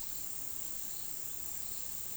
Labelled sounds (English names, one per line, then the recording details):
none
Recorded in pastures near Puerto Asís, Putumayo, Colombia, on 20 February 2024 at 14:30
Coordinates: 0.468, -76.328
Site G6414